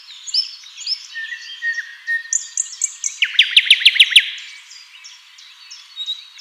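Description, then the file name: Common nightingale song with a burst of fast, loud repeated notes in the middle. "Luscinia megarhynchos"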